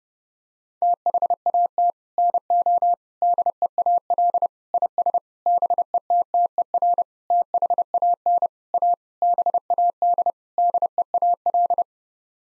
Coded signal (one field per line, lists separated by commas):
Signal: Morse code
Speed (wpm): 30 wpm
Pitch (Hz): 700 Hz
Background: none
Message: THAT NO DEAL IS BETTER THAN A BAD DEAL